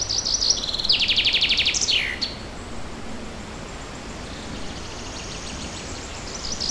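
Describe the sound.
Bird song: a bright, high trill of rapid notes for about a second, ending in a quick downward slur, then soft forest ambience with faint song.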